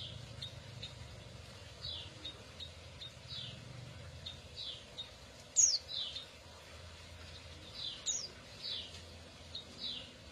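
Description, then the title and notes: Atlantic canary chirping, bright falling notes given about every half second to second, two sharper high squeaks standing out, and a faint low hum underneath. Kenari F1 Ys bird; used as therapy for a canary that has stopped singing (macet). "TERAPI KENARI MACET. Kenari F1 Ys"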